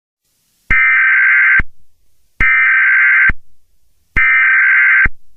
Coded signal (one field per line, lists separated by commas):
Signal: Emergency Alert System (SAME) tones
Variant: header bursts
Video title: EAS Scenario 3: Just Monika.